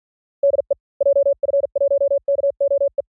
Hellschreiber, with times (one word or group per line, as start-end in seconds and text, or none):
none